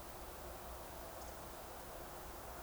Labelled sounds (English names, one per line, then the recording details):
Eurasian Woodcock whistle
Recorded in Baden-Württemberg, Germany, on 29 June 2020 at 02:34 UTC
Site 43791, 788 m above sea level